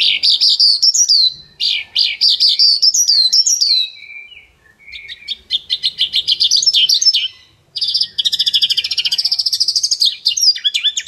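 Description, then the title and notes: Bird song, a fast varied run of high chirps, trills and sweeping notes with brief pauses, ending in a rapid buzzy trill. Bird song used to train (master) pet birds. "Suara Burung. Suara Kicauan Burung untuk memaster burung kesayangan"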